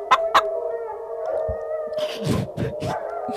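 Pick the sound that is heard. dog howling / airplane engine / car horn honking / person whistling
dog howling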